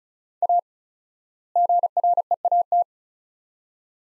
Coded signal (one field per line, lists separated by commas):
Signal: Morse code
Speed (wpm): 36 wpm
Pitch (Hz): 700 Hz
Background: none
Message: A GREAT